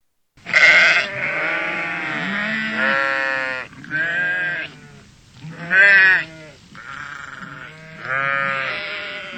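Sheep giving a series of wavering, nasal bleats of varying length, about five calls in close succession with brief pauses between.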